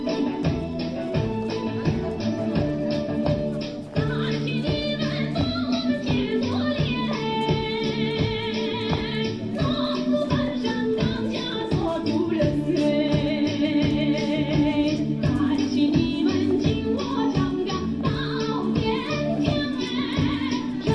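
Lively music plays for a village dance in a local square, loud and steady from start to finish. A quick, regular beat drives under sustained low tones and bright melodic lines that shift every few seconds, with a brief dip near four seconds.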